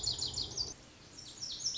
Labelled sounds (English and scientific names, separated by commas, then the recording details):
Lazuli Bunting (Passerina amoena)
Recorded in Sonoma County, California